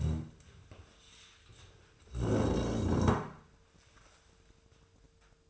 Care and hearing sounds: daily activity, microphone in the room; stand up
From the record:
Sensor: 2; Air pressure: 1005.2 hPa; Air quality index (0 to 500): 101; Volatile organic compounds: 2 ppm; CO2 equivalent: 1229 ppm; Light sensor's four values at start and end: 8/19/8/8 and 7/18/7/7

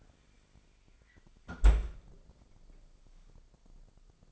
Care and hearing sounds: daily activity, microphone in the room; close fridge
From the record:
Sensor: 5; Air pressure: 995.4 hPa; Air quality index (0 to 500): 94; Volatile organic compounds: 5 ppm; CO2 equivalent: 1777 ppm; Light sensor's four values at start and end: 37/88/35/36 and 34/82/33/34

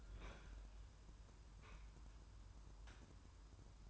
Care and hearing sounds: daily activity, microphone in the room; open fridge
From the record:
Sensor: 2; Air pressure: 994.3 hPa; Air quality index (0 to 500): 212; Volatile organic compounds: 1000 ppm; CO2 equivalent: 7020 ppm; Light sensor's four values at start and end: 133/317/134/139 and 132/316/134/139

